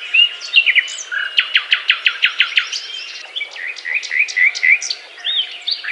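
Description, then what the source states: Nightingale singing: a few varied notes, a fast series of loud repeated notes, then scratchy twitters and whistles in quickly changing phrases. Song described as a love serenade.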